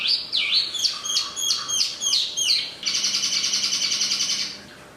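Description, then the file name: Chinese hwamei song: looping, swooping whistled notes repeated rapidly, followed by a long, fast buzzy trill that fades out. Used for training cage birds (omkicau). "audio-hwamei-mini-2-omkicau"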